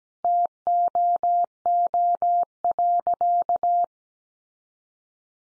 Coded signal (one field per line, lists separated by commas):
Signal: Morse code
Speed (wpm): 17 wpm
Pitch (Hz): 700 Hz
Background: none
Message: TOO.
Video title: Additional Easy Phrases 17wpm